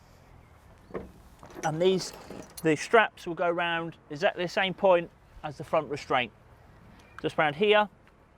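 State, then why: Not seated. Someone talks while a rear wheelchair tie-down strap in a VW Caddy wheelchair-accessible vehicle is placed around the chair frame at the same point as the front restraint, with its metal tongue handled toward the floor restraint buckle. A few faint knocks are heard near 1.0, 1.4 and 8.1 seconds. The tongue has not clicked into the buckle yet.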